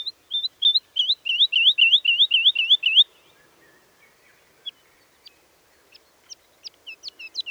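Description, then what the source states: Woodlark song: a steady series of repeated slurred whistled notes for about three seconds, then sparse high thin notes building again toward the end. Recorded at Dittenheim on 30 March 2014.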